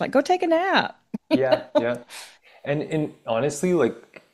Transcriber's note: laughs